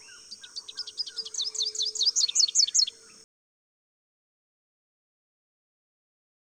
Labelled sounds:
Rufous-capped Warbler (Basileuterus rufifrons) song
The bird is a male
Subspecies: salvini
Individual VN-GWS-M

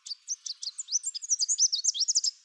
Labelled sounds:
Chestnut-capped Warbler (Basileuterus delattrii) song
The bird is a male
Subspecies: delattrii
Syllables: 19
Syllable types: 17
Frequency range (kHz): 3.2-8.9 kHz
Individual CR-SOBB-M

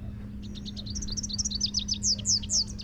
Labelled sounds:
Rufous-capped Warbler (Basileuterus rufifrons) song
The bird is a male
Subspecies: rufifrons
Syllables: 22
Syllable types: 6
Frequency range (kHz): 2.5-7.1 kHz
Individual MO-R10-M

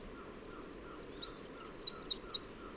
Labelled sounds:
Chestnut-capped Warbler (Basileuterus delattrii) song
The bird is a male
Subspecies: delattrii
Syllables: 11
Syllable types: 5
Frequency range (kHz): 3.7-8.4 kHz
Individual MA-SWR-M

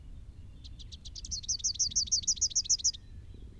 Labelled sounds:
Rufous-capped Warbler (Basileuterus rufifrons) song
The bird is a male
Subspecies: rufifrons
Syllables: 28
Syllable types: 6
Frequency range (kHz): 3.0-6.7 kHz
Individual SP-R09-M

